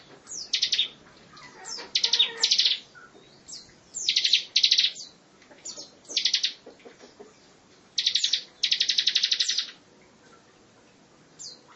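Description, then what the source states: Lovebird song of repeated high buzzy trill bursts mixed with quick downslurred chirps, with a longer steady trill late on followed by near silence. Song style locally called ngekek panjang, a long trill, with ciblek.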